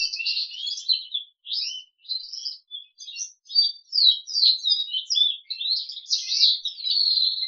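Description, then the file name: Crested canary singing a varied, high twittering song of short chirps and trills, broken by brief pauses between phrases. "audio kenari jambul"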